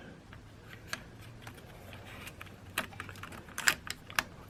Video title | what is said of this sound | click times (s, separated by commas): 1/6 Ludens Kojima Production Costume by 1000Toys | just kind of snap in place and that is quite nice also | 3.7 s, 4.2 s